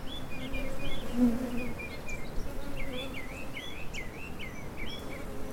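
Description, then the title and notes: Bees giving a steady low droning hum throughout, while a songbird repeats looping whistled phrases. Bees pollinating a perpetual-blooming pride of Madeira (Echium candicans) shrub in a Laurel Canyon garden, Hollywood Hills; live iPhone recording with external microphone. "Bees pollinate a perpetual-blooming Echium Candicans ("pride of Madeira") flowering shrub in our Laurel Canyon Garden"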